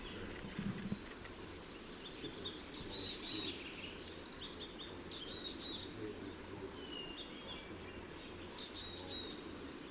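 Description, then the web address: Lincoln's sparrow song: short bubbly, jumbled high phrases recurring roughly every three seconds over a steady low rumble of background noise. Recorded in California. "Lincoln's Sparrow Sounds Calif CLO"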